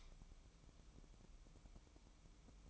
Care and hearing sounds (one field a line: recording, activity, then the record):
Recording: daily activity, microphone in the room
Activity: light on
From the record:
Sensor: 1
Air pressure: 1007.9 hPa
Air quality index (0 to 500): 124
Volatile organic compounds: 2 ppm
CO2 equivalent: 1048 ppm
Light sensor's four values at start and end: 8/20/8/9 and 13/38/15/16